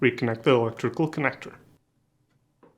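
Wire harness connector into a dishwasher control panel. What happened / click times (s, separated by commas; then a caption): Connector handled, not yet seated / none. A wire harness connector is being reconnected to the control panel of a Whirlpool, Maytag or KitchenAid dishwasher during replacement of main control board part W10875442. Someone talks for about the first 1.7 seconds, then a faint short handling sound comes at about 2.6 seconds. Nothing has seated or clicked yet.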